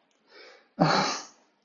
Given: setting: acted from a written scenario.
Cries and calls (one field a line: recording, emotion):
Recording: vocal sound without words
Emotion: shame